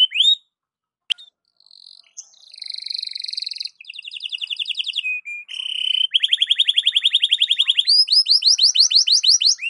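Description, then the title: Belgian canary singing a varied sequence of high chips, buzzy rattles and fast rolls, ending in a long, steady, rapidly repeated trill of bright sweeping notes. Belgian canary song for warming up the bird, in the morning, suited for masteran (song tutoring of other birds). "Canto Para Esquentar Canário Belga. SUARA BURUNG KENARI DI PAGI HARI COCOK BUAT MASTERAN"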